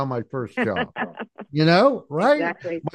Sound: laughs

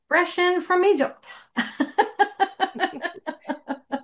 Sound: laughs

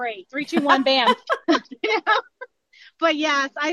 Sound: laughs

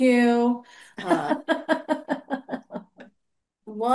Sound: laughs

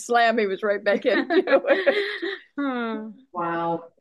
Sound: laughs

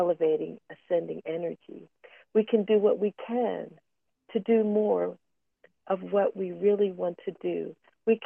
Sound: none

